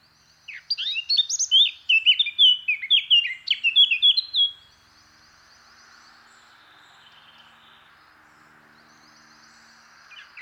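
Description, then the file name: Eurasian blackcap song: a dense, hurried warble of scratchy and whistled notes lasting about four seconds, followed by near silence. "Sylvia atricapilla"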